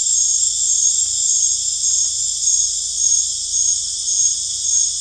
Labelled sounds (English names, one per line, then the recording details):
none
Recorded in dense forest near Puerto Asís, Putumayo, Colombia, on 18 December 2024 at 19:00
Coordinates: 0.484, -76.325
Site G056